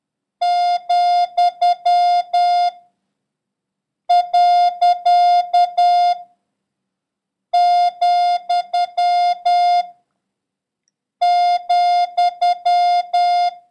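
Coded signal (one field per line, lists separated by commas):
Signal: Morse code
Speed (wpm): 10 wpm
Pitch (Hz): 710 Hz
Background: none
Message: , . , ,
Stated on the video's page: Morse lesson 10 introducing 6, comma, slash, and question mark, with a random run drill.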